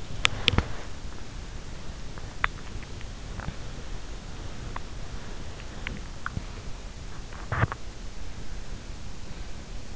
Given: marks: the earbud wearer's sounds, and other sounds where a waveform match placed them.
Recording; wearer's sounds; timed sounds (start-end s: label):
sounds in sleep by an in-ear microphone; body movement
0.00-8.12 s: body movement